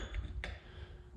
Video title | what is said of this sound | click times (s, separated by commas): 2007 GT500 Tr6060 Reassembly and Upgrades - Part 4 | just kind of rotate it around until it clicks and lets everything sit nice and flush | 0.4 s